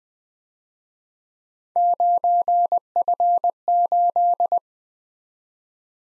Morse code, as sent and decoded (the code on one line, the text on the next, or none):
----. ..-. ---..
9F8